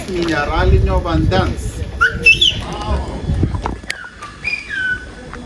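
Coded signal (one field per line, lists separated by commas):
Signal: whistled language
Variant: Silbo Gomero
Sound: chatter, then several sharp gliding whistles rising and falling in pitch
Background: crowd chatter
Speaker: what you're hearing or what what you've just heard is the native uh whistle language. Official uh language of these islands.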